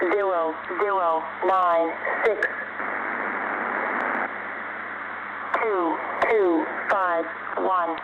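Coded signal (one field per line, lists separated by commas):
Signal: numbers station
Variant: E14, English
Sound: short evenly spaced spoken digits over radio hiss, a noisy pause in the middle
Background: radio static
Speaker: E14 was a US counting control version of the E05 number station.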